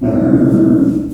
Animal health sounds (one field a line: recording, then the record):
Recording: squeal of a Yucatan mini pig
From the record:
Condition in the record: after surgery on the right vocal fold (resection and tissue-engineered implant)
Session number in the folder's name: 5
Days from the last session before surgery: 33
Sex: female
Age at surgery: 19 weeks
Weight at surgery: 25 kg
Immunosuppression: prednisolone